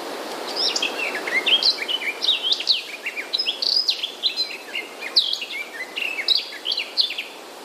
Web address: wroblowe kolekcja gajowka